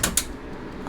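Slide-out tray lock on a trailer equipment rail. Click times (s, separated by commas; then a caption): 0.0 s, 0.2 s. A slide-out diamond plate mounting tray, carrying a hose reel and generator on a detailing trailer's equipment rail, is pulled out until it locks in place. Two sharp metallic hits at 0.0 and 0.2 seconds mark the tray lock engaging, followed by a low steady hum and a faint tap near 0.9 seconds. The tray ends locked in place.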